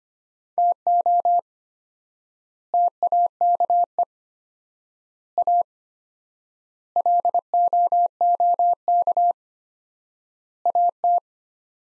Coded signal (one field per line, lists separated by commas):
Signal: Morse code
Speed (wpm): 25 wpm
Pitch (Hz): 700 Hz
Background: none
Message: TO TAKE A LOOK AT